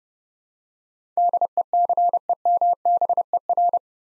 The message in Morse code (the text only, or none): DECEMBER